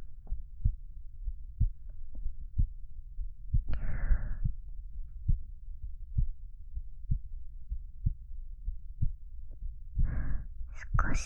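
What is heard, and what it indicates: An adult woman's own heartbeat heard up close: soft, low thumps at about 62 a minute, which she feels have become slightly faster, as if her heart is pounding, with brief rustling and whisper-like noise.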